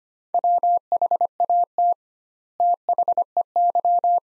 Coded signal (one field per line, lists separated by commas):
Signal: Morse code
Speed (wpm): 25 wpm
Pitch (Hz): 700 Hz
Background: none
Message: WHAT THEY